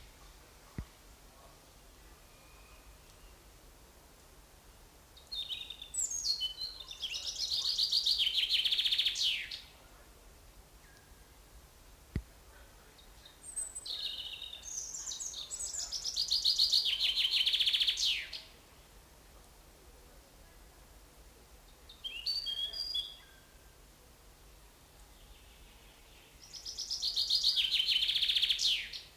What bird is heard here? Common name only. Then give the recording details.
Common Chaffinch. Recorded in the wild. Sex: male. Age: adult. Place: Bogensee, Barnim, Brandenburg, DE. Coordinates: 52.7714, 13.5294. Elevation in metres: 60. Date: 2004-05-30 15:14. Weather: sunny, 21-24°C. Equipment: Sony WM-D6C, Sennheiser ME 80, Kopie Uher 4000 Report Monitor. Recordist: Tembrock, Günter